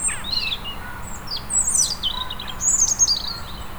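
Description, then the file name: European robin song: rapid run of high, sibilant twittering notes and thin whistles, delivered almost continuously over soft hiss. "Erithacus rubecula"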